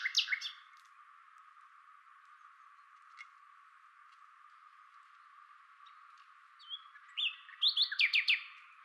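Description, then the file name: Common nightingale song: short bursts of sharp, rapidly repeated high notes at the start and again near the end, with faint scattered chirps between. "Luscinia megarhynchos"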